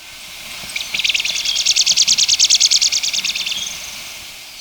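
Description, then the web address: White-sided flowerpiercer trill: a rapid run of many high, even notes lasting nearly three seconds, swelling slightly then fading, over faint background hiss. Ecuador. "Natures Songs S America Birds of Ecuador. White-Sided Flowerpiercer"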